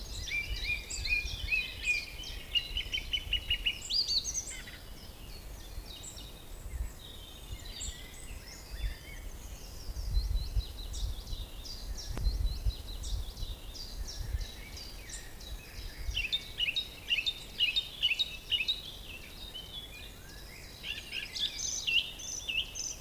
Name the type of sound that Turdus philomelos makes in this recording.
song